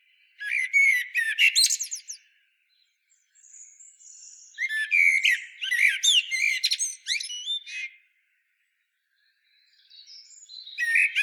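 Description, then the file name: Common blackbird song: fluted warbling phrases with squeaky high twitters, in three bursts separated by pauses, with faint thin high notes between. "Turdus merula"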